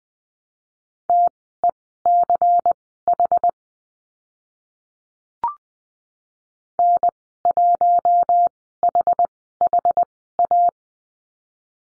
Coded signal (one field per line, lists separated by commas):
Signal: Morse code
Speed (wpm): 20 wpm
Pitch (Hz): 700 Hz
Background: none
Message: TECH N1HHA